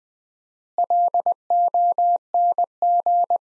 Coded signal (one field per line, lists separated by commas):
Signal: Morse code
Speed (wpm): 20 wpm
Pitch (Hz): 700 Hz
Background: none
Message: LONG